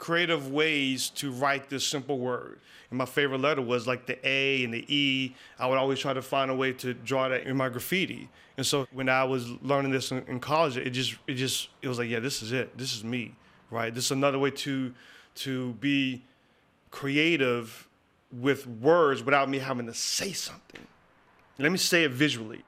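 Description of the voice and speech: An adult man who stutters speaks in mostly fluent phrases at a moderate pace, with occasional disfluencies: a repeated "it just, it just", a stretched and broken "to... to be", and a long block before "creative". These are mild stuttering moments, which for him come with tensing of the face, hands, throat and muscles while trying to get a word out.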